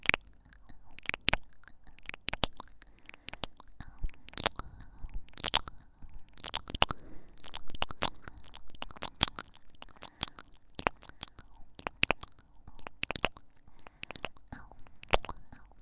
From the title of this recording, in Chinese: 啄耳＋kiss＋嗷呜＋啵啵